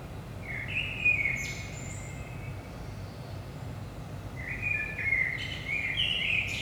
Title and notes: Saint-Gilles, Belgique - 5am Blackbird. Blackbird in the morning. Merle au petit matin